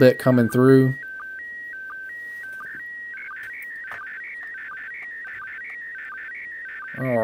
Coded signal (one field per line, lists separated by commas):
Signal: SSTV (slow-scan television)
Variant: PD 90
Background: speech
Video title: SSTV on Android Part 1 - Decoding Robot36